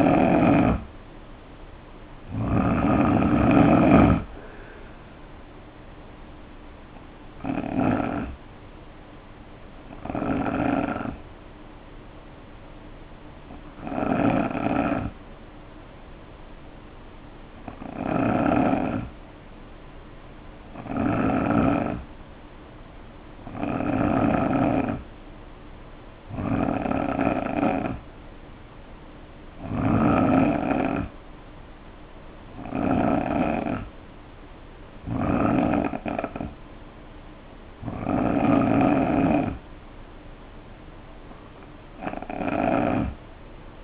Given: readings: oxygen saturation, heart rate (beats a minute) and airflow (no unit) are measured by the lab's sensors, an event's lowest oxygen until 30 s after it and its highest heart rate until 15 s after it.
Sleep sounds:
breathing in sleep by a voice recorder at the bedside; 1
3.00-43.84 s: new sleep stage, N3 (deep sleep)
13.00-27.00 s: hypopnea (N3, oxygen 92% highest, then 87% lowest, heart rate 61 at the start, 67 highest)
From the record:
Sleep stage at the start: N2 (light sleep); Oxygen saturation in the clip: 87 to 92%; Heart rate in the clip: 58 to 67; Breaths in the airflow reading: 14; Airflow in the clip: -4.2 to 4.7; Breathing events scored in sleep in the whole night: 520 in 7.2 hours asleep

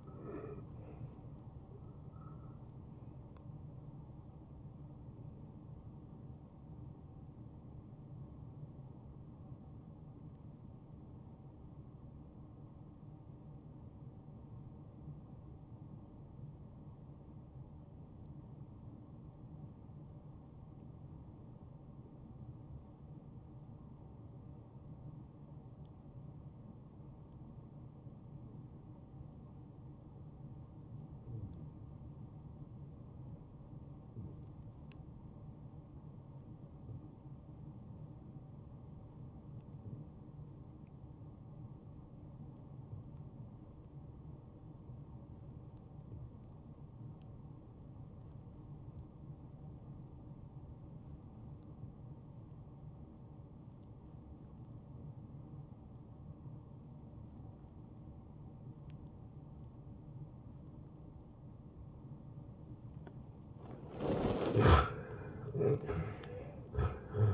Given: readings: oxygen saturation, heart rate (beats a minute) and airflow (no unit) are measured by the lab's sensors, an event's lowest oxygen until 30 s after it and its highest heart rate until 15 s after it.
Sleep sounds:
breathing in sleep by a smartphone at the bedside; 1
13.00-62.70 s: obstructive apnea (N1, oxygen 94% highest, then 77% lowest)
From the record:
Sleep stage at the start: N1 (lightest sleep); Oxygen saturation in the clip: 81 to 94%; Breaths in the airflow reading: 4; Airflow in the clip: -13.5 to 8.8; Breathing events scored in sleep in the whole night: 263 in 5.5 hours asleep

